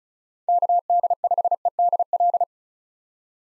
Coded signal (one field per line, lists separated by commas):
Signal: Morse code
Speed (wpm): 36 wpm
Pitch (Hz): 700 Hz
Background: none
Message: KD5EDL